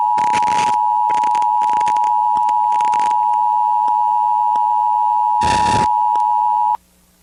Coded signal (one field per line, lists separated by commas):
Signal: Emergency Alert System (SAME) tones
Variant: 853 and 960 Hz attention tone